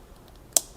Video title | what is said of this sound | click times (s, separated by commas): 가성비 카본로드바이크 리파인드7 조립영상 | 딱 소리가 날 때까지 넣어 주세요. | 0.6 s